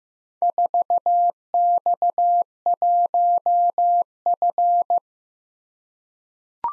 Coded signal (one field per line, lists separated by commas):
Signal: Morse code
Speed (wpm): 15 wpm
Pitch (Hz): 700 Hz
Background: none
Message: 4X1F